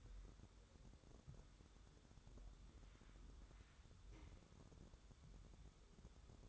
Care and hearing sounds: daily activity, microphone in the room; wipe stove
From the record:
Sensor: 3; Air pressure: 1015.1 hPa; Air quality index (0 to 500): 74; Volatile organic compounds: 2 ppm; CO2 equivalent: 998 ppm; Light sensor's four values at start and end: 15/39/15/16 and 15/39/15/16

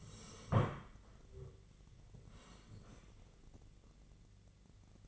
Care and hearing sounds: daily activity, microphone in the room; sit down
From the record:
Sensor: 4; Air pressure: 1013.2 hPa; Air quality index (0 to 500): 172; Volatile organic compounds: 2 ppm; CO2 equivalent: 1087 ppm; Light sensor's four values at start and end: 53/130/55/59 and 53/130/55/59

